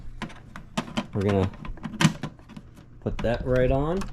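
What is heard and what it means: Someone talks while handling the multi-filament feeder unit for a Flashforge AD5X 3D printer, bringing it to the top of the printer's enclosure. A few short knocks and taps are heard between the speech. The unit is not yet home, and nothing has seated or clicked yet.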